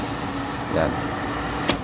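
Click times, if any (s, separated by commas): 1.7 s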